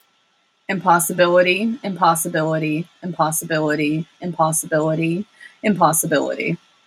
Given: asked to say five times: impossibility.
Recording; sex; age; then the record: repeated word; female; 30 to 39 years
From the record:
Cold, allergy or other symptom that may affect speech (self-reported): no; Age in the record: 33 years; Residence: Minnesota, United States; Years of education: 13